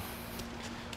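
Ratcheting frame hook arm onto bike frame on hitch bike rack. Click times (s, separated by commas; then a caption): 0.9 s. The ratcheting front frame hook arm of a Swagman XC2 platform hitch bike rack for 2 bikes, mounted on a 2021 Kia Sorento, is pushed down onto the bike frame. A steady broadband hiss runs throughout, then a short, sharp click at 0.9 s marks the hook ratcheting and locking into place. The bike is then held solid again.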